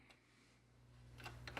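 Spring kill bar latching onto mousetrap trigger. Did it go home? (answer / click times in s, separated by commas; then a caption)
no / none. The spring kill bar of a 1932 Indestro metal snap mousetrap is pulled back toward its one-click trigger, with a low steady hum and faint handling rustle that builds into brief sharp ticks near 1.5 and 1.6 seconds. The clip ends before the bar latches; nothing has seated or clicked into place yet.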